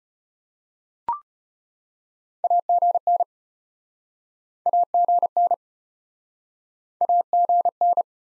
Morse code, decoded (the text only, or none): AGN AGN AGN